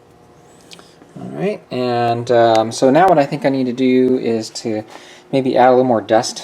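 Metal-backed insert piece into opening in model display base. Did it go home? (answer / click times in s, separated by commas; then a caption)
yes / 0.8 s. A model piece with metal on its back, added to make it stiffer and easier to handle, is pushed into an opening cut to allow for a wire in a simulated asphalt display base. It snaps in with a short, sharp click at 0.8 s, seating it in place. Someone then talks.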